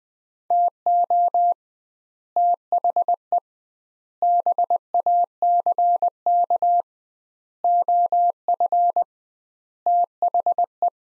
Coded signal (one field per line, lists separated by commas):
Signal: Morse code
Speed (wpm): 20 wpm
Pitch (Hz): 700 Hz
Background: none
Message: TO THE BACK OF THE